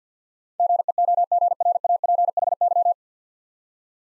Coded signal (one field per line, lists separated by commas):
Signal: Morse code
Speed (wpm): 50 wpm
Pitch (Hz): 700 Hz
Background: none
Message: GEOGRAPHY